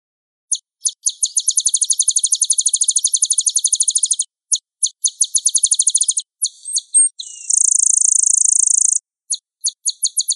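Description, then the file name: Sunbird song with rapid, high chittering trills split by gaps, a harsh buzzy stretch late on, then a few scattered notes. Sunbird sound played to provoke birds into calling, used as a lure recording. "suara burung madu untuk memancing bunyi"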